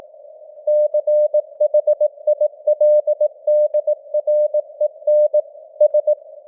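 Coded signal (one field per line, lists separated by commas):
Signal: Morse code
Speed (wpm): 18 wpm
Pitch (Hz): 600 Hz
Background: none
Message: CHILDREN S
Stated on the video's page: News headlines sent in Morse with simulated radio noise and varying signal strength (QSB), an experiment.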